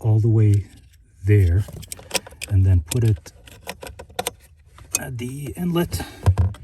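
A wiring harness lever-lock connector is handled at the inlet of an engine control module socket while someone talks, with short sharp handling clicks and rattles around 3.5 to 4.8 seconds. The connector's locking lever has not yet been swung in, so nothing has seated or clicked home yet.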